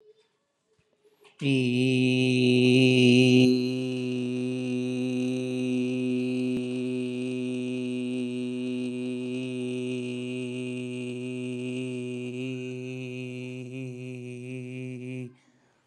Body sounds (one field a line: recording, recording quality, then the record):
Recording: sustained vowel as in beet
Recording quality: excellent, no background noise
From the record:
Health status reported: healthy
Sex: male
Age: 38 years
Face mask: not worn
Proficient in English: yes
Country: India